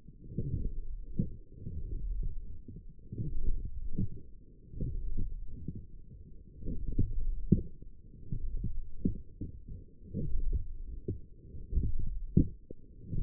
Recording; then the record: forearm muscle sounds (acoustic myography)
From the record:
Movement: forearm supination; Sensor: system 1, eight BSWA MPA416 microphones around the upper forearm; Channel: 7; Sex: female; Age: 22 years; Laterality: right